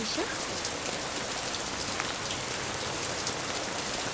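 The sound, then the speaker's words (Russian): Heavy rain pours down in a steady, dense hiss, loud and unbroken across the whole stretch with no voices, just a constant wash of drops striking a surface. “Твой рейс точно не отменят? Там же ливень.”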